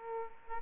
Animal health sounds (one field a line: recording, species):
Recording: mosquito wingbeat signal from an infrared sensor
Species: Aedes aegypti